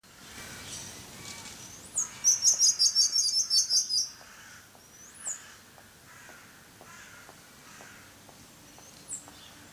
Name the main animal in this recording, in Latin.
Callithrix jacchus